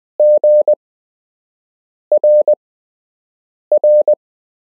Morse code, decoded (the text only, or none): GRR